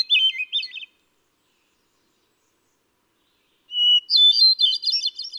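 Hermit thrush, the end of one fluty phrase, then silence, then a pure held whistle opening into a cascade of rolling notes.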